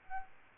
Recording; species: mosquito wingbeat signal from an infrared sensor; Aedes albopictus